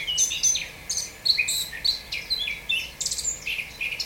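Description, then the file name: Eurasian blackcap song, a fast, varied warble of rich, chirping notes running throughout with short breaks between bursts. "Sylvia atricapilla"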